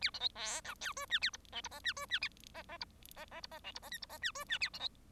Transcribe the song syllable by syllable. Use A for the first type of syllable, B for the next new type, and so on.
A B C D E F G H A I J I K H G H A K K I K K I K J I K L I K H G H A B C